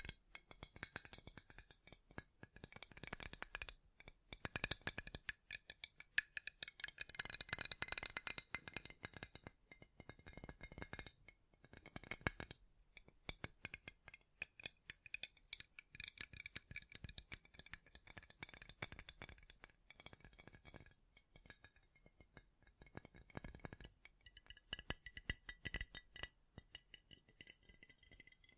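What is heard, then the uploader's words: Rapid tapping in dense, uneven bursts, with a rattling, clinking quality like fingertips or a hard object on glass. Runs of quick clicks come and go, broken by brief pauses around the fourth, ninth and twentieth seconds. The taps sound bright and crisp. ASMR Great Tapping Sounds for Sleep (No Talking).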